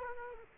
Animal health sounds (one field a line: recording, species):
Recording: mosquito wingbeat signal from an infrared sensor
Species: Culex quinquefasciatus